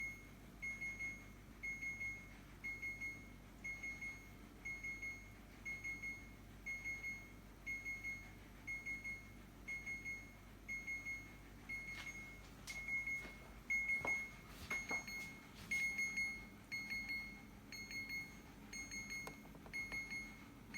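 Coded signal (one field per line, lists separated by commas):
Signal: alarm pattern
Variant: refrigerator door alarm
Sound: continuous series of short high beeps repeating steadily, with some knocking clicks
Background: room hum, handling knocks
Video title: Can someone please help and switch the fridge beeping noise off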